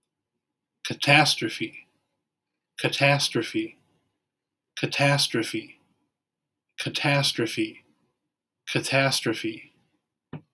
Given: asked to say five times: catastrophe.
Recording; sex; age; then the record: repeated word; male; 30 to 39 years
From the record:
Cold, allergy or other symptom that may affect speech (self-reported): no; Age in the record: 36 years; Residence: Minnesota, United States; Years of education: 16